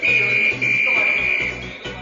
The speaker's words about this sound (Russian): Свистели милиционеры, слышались голоса.